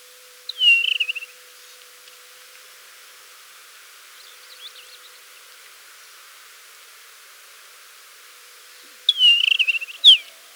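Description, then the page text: Desert wheatear song: a falling whistled phrase, faint twittering notes in between, then a second phrase mixed with sharp clicking notes. "Desert Wheatear Song 2. Quick Sounds"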